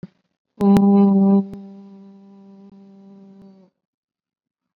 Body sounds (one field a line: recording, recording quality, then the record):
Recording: sustained vowel as in boot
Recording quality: excellent, no background noise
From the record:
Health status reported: COVID-19 positive, mild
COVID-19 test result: positive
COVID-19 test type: RT-PCR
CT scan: not taken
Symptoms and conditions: cough, fatigue, muscle pain, diabetes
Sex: female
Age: 49 years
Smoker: no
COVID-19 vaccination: both doses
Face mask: worn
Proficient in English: yes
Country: India